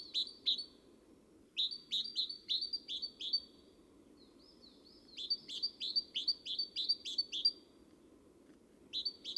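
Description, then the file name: Great tit chattering: two quick high chips, then longer runs of sharp descending notes, with a soft thin whistle in a pause. "Parus major"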